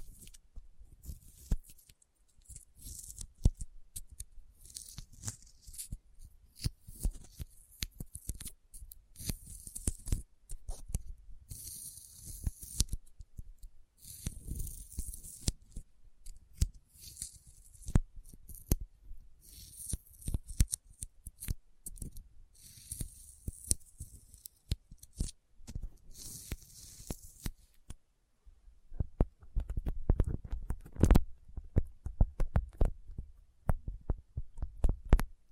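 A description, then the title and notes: Sticky finger sounds fill the recording: dense clusters of short tacky clicks and peeling snaps, with bursts of bright crackle in the first 28 seconds. A brief pause near 28 seconds gives way to sparser, heavier pops with low thumps toward the end. ASMR Intense Sticky Finger Sounds (No Talking).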